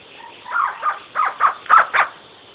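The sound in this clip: Spotted owlet giving six harsh, screechy notes, spaced about a quarter second apart.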